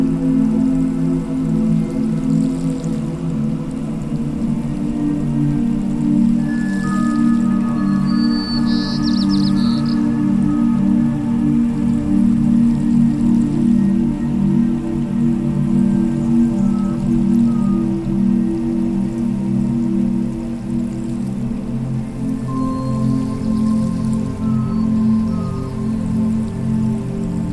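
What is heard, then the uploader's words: Steady, layered low tones hum without a break for the whole stretch, with a soft, even patter like rain over them. Faint thin whistles drift in and out in the middle range, and a brief high chirp flickers near nine seconds. All 9 solfeggio frequencies + Binaural beats.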